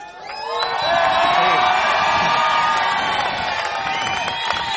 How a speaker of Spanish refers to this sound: Entonces, primero, grito de los legales, los que están aquí adelante. Acá están adentro.